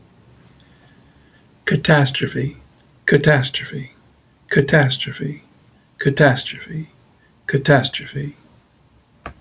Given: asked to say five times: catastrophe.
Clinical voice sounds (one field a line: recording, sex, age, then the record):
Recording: repeated word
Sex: male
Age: 60 to 69 years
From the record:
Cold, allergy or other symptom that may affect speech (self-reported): no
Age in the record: 64 years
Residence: New York, United States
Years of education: 15